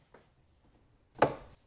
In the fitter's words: till we hear the click and that's everything pinging back into place